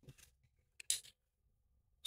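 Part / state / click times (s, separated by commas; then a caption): SD card slot module into game console frame / seated / 0.9 s. A microSD card slot module is pressed back into the plastic frame of a Nintendo Switch during reassembly. A faint tick comes at 0.8 s, then a sharp, bright click at 0.9 s as the slot clicks into place. There are light handling sounds before it and another brief tick at the very end.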